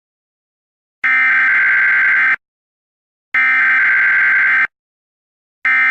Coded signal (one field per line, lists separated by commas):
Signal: Emergency Alert System (SAME) tones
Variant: header bursts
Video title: eas alert AT Yusi, KL